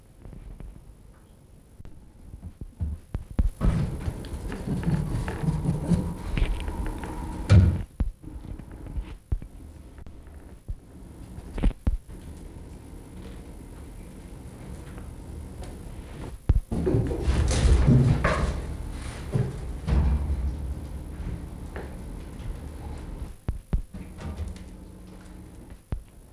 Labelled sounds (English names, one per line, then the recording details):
Red Fox
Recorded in captivity
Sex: pair
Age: adult
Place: Zoologisches Institut der HUB, Berlin, DE
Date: 1962-01-26 19:00
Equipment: Minifon, Kopie Smaragd
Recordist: Tembrock, Günter